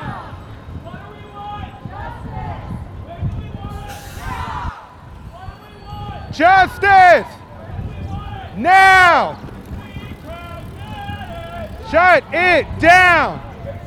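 A bike protest rolls through the city under a steady wash of crowd chatter and street noise. Loud, pitch-bending shouts ring out near 6.5 and 7 seconds, again around 9, and twice near 12 to 13 seconds, with quieter voices between.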